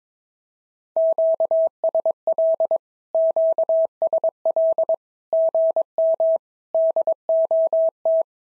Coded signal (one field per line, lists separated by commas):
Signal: Morse code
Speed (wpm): 22 wpm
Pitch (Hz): 650 Hz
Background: none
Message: QSL QSL GM DOT